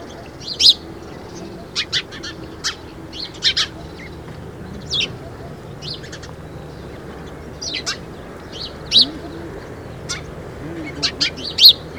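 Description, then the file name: House sparrow calls, many quick, high chirps scattered irregularly, some loud and doubled. "Passer domesticus"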